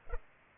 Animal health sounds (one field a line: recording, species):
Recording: mosquito wingbeat signal from an infrared sensor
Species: Culex pipiens